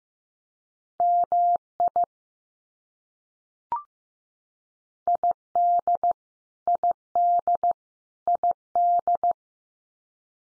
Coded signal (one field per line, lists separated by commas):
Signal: Morse code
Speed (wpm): 15 wpm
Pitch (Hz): 700 Hz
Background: none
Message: MI ID ID ID